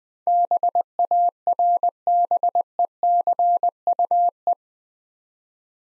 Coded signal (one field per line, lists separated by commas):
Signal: Morse code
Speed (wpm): 23 wpm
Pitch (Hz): 700 Hz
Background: none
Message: BARBECUE